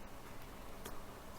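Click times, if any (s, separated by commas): none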